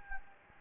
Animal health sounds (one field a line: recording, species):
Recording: mosquito wingbeat signal from an infrared sensor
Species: Anopheles gambiae